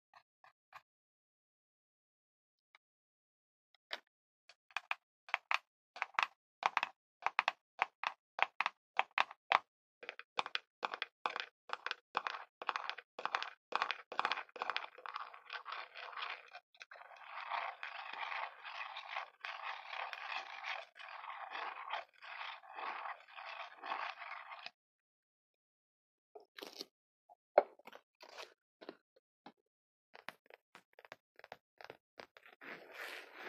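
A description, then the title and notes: Quick lid taps and scrapes in rapid bursts, thickening into a dense rustling scratch mid-clip, pausing near 25 seconds, then resuming. Lid Sounds.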